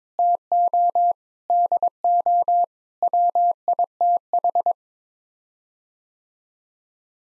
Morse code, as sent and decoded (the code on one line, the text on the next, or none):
- --- / -.. --- / .-- .. - ....
TO DO WITH